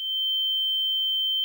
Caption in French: Pourquoi a-t-on les oreilles qui sifflent ? Bourdonnements, sifflements, grincements ou encore cliquetis. Il arrive parfois que l’on entende des bruits qui n’existent pas. Ces symptômes aussi appelés acouphènes peuvent être permanents ou intermittents (le soir par exemple, ou en période de fatigue intense).